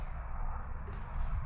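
A plastic soul plate is held against the bottom of an inline skate boot and lined up before being pressed home, giving a steady low rumble of handling noise with no sharp hits. Nothing has seated or clicked yet.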